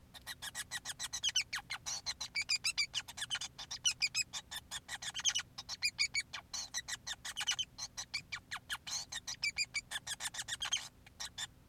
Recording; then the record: song of a male Bengalese finch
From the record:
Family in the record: son of father 5